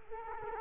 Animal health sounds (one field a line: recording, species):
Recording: mosquito wingbeat signal from an infrared sensor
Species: Culex quinquefasciatus